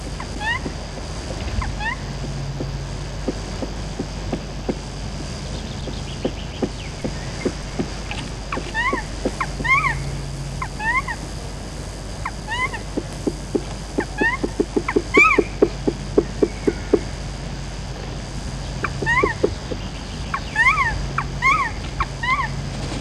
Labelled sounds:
Black Woodpecker (Dryocopus martius)

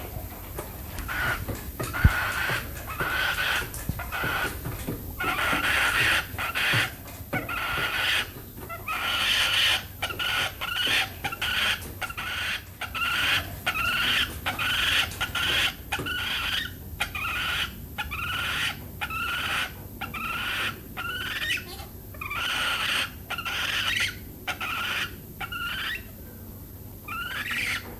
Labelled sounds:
Grey Peacock-Pheasant (Polyplectron bicalcaratum) call

